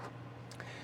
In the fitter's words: post that has to go in this hole and it everything clicks into place nice and easy